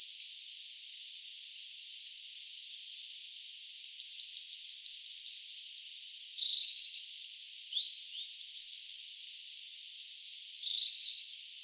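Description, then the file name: Eurasian blue tit calling with strings of very high, thin notes broken by several harsh, buzzy churring bursts, the pattern repeating irregularly over faint background hiss. "Cyanistes caeruleus"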